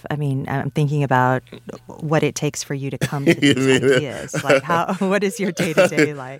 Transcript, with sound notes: I mean, I'm thinking about what it takes for you to come to these ideas.
(Laughter).
Like, how - what is your day-to-day like?